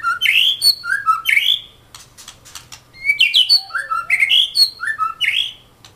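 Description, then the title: Oriental magpie-robin song: loud, rich whistled phrases of rising and falling notes in two bursts separated by a short pause, with sharp ticks and a soft low hum. "Kicau Kacer"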